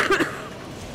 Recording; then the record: coughing mixed with background sound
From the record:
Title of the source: 31 night wet cough